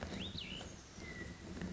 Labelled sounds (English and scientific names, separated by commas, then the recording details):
Cassin's Vireo (Vireo cassinii)
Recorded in Sonoma County, California